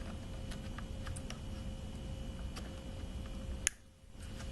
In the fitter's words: I heard a little snap